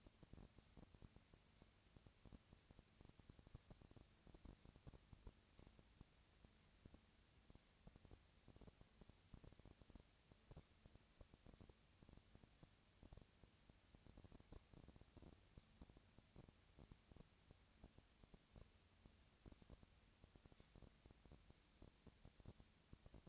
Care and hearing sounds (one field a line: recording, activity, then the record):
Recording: daily activity, microphone in the room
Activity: no activity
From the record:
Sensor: 2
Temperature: 20.3 degrees Celsius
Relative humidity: 37.0%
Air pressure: 998.7 hPa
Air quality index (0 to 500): 236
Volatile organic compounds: 38 ppm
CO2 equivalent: 3110 ppm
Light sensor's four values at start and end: 2/3/2/2 and 2/3/2/2